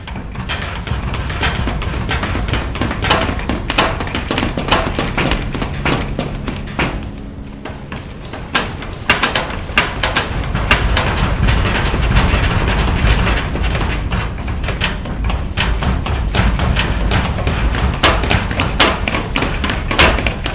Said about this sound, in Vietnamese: Cầu thang rầm rập, tiếng bước chân chạy xuống dưới nhà.